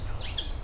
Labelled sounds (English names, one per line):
Stitchbird song